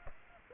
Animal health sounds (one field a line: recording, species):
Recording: mosquito wingbeat signal from an infrared sensor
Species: Aedes aegypti